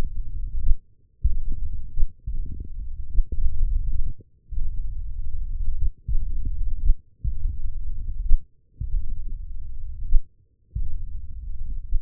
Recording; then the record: forearm muscle sounds (acoustic myography)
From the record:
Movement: tripod grip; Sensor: system 1, eight BSWA MPA416 microphones around the upper forearm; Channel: 5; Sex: male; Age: 42 years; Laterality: right